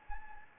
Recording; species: mosquito wingbeat signal from an infrared sensor; Anopheles gambiae